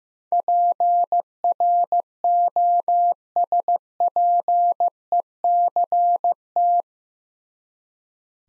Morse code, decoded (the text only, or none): PROSPECT